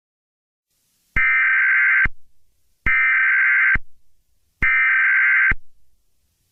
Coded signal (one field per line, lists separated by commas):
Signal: Emergency Alert System (SAME) tones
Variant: header bursts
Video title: EAS Scenario #6: Great Terror Attack of London.